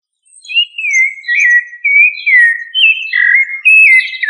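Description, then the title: Thrush singing a run of fluted, whistled phrases that rise and fall, each about half a second long, delivered in quick succession without other sounds. "Familia Turdidae - Sabia"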